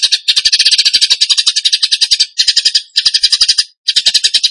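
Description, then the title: Bird song: almost nonstop rapid trilling, dense high chattering notes broken by short pauses. Masteran training recording; song in the tembakan gacor style. "Masteran Burung Tembakan Gacor"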